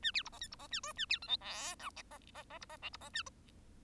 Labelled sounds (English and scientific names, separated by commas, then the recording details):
Bengalese Finch (Lonchura striata domestica) song
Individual Bird1